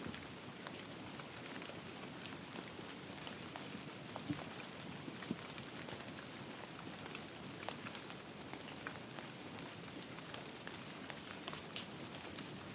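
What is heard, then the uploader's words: Steady rain falls in a forest at night, a dense, even hiss across the whole clip. Frequent sharp drip taps stand out, scattered irregularly throughout, over a soft low rumble of water and leaves. Forest Rain Sounds - Relaxing Rainforest White Noise with Nature Sounds at Night.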